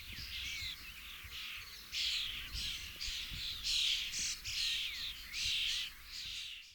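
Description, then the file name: Common starling calls: a series of harsh, rasping bursts. "Storno Sturnus vulgaris FEDERICO Lionel"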